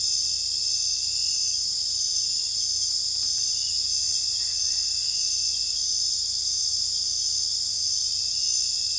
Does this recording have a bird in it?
no